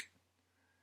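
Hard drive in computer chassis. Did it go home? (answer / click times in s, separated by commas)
released / 0.0 s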